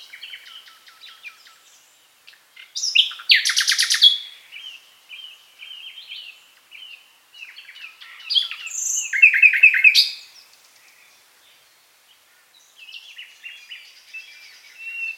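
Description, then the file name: Common nightingale singing varied phrases: two loud rattling trills separated by quieter chirps and short repeated notes, with pauses between. "Luscinia megarhynchos"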